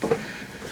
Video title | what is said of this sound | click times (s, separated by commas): M50 Super Sherman Gabriel // Interior, Cold Start & Ride! | i think it clicked there you go you should be putting | 0.0 s